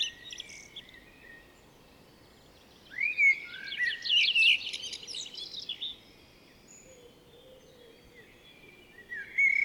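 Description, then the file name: Blackbird delivering a rich whistled phrase that breaks into a scratchy high twitter, followed by a pause and the start of another phrase. "Turdus merula"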